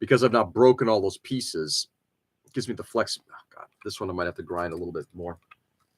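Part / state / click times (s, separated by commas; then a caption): plastic model kit part into its joint / not seated / none. A plastic model kit part, whose peg may still need more grinding, is pressed by hand toward its joint while someone talks, with faint light clicks and handling noises between the words. Nothing has seated or clicked into place yet.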